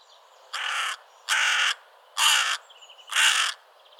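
Carrion crow giving four harsh, grating caws, each about half a second long, spaced under a second apart, with faint thin bird notes between them.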